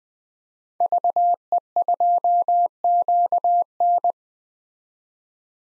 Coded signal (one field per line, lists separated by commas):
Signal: Morse code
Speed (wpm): 20 wpm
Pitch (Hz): 700 Hz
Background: none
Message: VE2QN